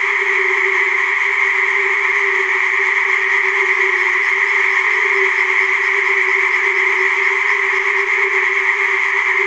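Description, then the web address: Dense, loud tree frog chorus blending into a continuous, even buzzing drone with no gaps. Chorus of tree frogs in a primeval forest. "Tajemnice puszczy Koncert rzekotek"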